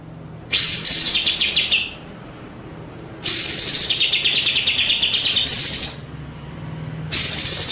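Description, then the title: White-rumped shama singing: loud rolling phrases of rapid notes, with pauses of about a second between. Masteran (training) track of full 'ngerol' and 'nembak' song styles. "Masteran Murai Batu Full Ngerol Nembak"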